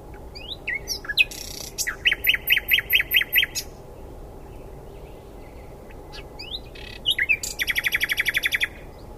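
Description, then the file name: Common nightingale song: varied phrases of sharp notes and whistles, with fast repeated rattling trills of loud pulses, separated by a pause of several seconds. "Luscinia megarhynchos"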